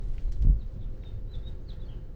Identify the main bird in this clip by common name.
House Finch